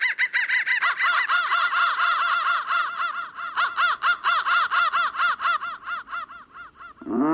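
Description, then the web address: Crow giving fast, harsh caws in a steady run of several per second, fading slightly before a lower caw at the end. "soundfactory crow"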